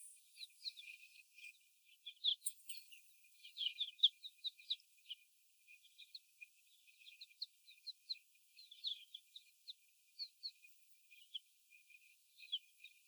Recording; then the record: young laying hens in a cage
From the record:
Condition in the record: before the stressor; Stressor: sudden umbrella opening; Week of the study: 1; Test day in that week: 1